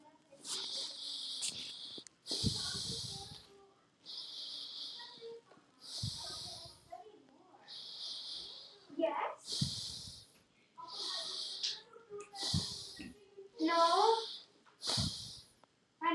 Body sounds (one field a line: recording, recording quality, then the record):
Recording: deep breathing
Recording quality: moderate, slight background noise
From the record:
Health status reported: healthy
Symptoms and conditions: none ticked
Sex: male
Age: 45 years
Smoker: not ticked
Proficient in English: yes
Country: United States